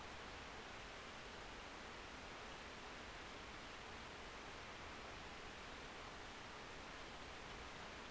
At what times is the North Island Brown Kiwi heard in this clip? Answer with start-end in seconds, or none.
none